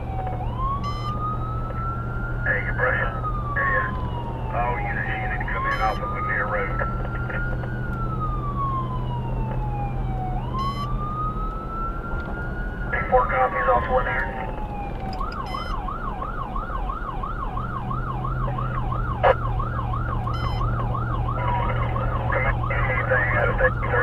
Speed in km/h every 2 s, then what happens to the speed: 89, 90, 92, 93, 93, 95, 92, 90, 87, 87, 89, 89.
0-24 steady at about 90.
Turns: none.